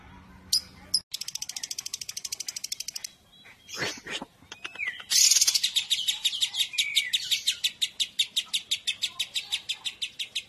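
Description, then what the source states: Lovebird breaks into rapid chattering trills, interrupted by a couple of sharp squeaks, then returns to a loud, steady stream of buzzy repeated notes. Described as konslet.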